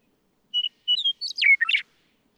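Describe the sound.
Western meadowlark singing one phrase: a few clear whistled notes followed by a quick, gurgling tumble of notes.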